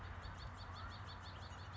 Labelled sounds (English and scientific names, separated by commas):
House Finch (Haemorhous mexicanus)